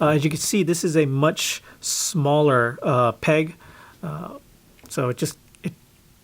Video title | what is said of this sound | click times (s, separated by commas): Dino Thunder Black Power Rangers Lightning Collection Wave 14 Figure Review | it's on but like there's no click you | none